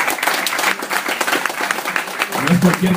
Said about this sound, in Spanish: Sí, regalos por el aniversario del Café Comiquero. ¡Un fuerte aplauso por el Café Comiquero!